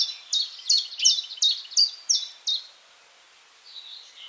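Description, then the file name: Great tit calls: eight sharp, slurred high notes repeated about three times per second, then a faint thin buzzy note. "Parus major"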